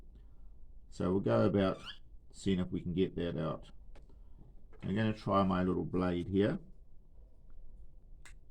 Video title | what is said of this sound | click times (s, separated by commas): Replace battery Toyota Yaris Vitz key | Here we go, a little click there. | 8.3 s